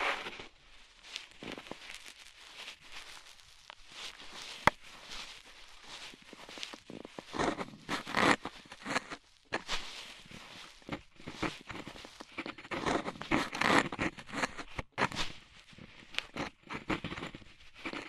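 Ear cleaning with rhinestone and clay removal: a steady run of close, crackly scraping and rubbing, thick with fine bright grit. Soft pulls repeat every second or so, with brief silent breaks near 5, 9 and 15 seconds and a sharp click around 4.7 seconds.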